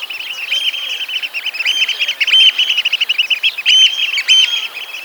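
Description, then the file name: Eurasian oystercatchers piping: loud, excited, overlapping shrill high notes in fast runs that swell and fade, over a steady hiss. "austernfischer"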